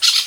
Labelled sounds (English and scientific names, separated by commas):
Brown-throated Parakeet (Eupsittula pertinax) contact call